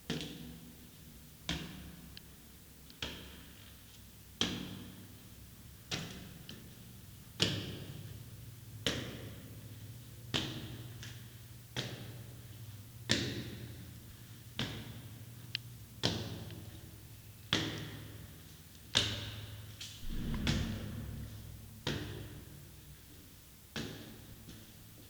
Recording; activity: daily activity, guitar pickup as the sensor; go upstairs